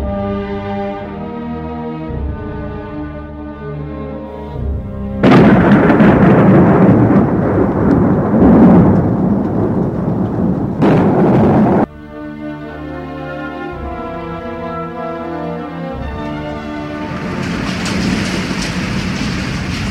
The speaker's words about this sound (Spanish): Noche de lluvia en la casa fantasmal.